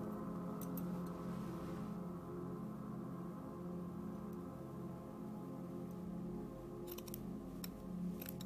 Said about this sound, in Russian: разрезает на спине платье, снимает его через ноги.